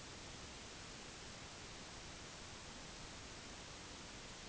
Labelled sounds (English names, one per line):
none